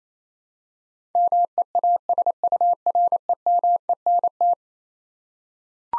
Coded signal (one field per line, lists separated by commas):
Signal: Morse code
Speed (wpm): 28 wpm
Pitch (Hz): 700 Hz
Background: none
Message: MEASUREMENT